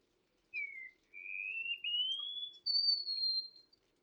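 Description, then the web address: Wallcreeper singing slow, thin whistles, one dipping note followed by smoothly rising drawn-out notes that step up to a high, slightly falling final whistle. "sound Wallcreeper. صدای-پرنده-دیوارخزک"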